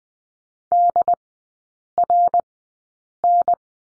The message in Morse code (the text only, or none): DRN